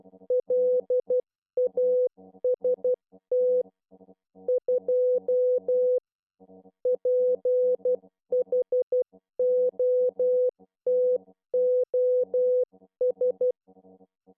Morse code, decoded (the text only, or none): LAST 2 PHOTOS